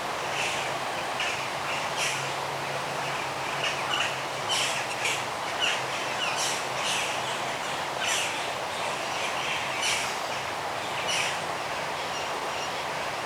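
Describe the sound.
Birds calling with scattered bright chirps spread throughout, plus a low hum and continuous hiss beneath.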